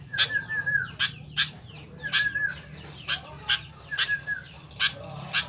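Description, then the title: Sooty-headed bulbul song: sharp, harsh notes repeated about twice a second, mixed with short whistled phrases, over a steady low hum. "Kutilang"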